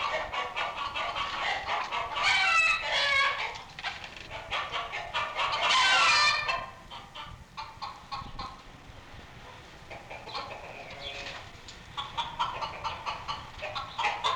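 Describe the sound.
Chickens clucking in a busy flock, with two loud harsh shrieking bursts early on, then quieter overlapping clucks and squawks that build again near the end.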